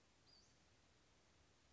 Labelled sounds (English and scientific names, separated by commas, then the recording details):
Western Flycatcher (Empidonax difficilis)
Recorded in Sonoma County, California